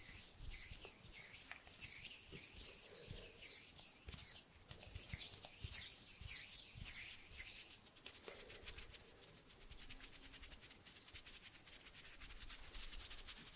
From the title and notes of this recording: ASMR HAND SOUNDS, SNAPPING and FINGER FLUTTERING around the mic NO TALKING.